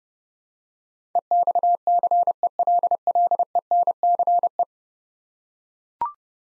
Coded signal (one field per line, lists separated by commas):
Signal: Morse code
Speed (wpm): 30 wpm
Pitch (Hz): 700 Hz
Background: none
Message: EXCELLENCE